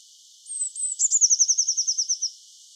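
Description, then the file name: Eurasian blue tit singing one phrase: a pair of high, thin whistles dropping slightly in pitch, followed by a rapid, ringing trill of roughly twelve repeated notes. "Cyanistes caeruleus"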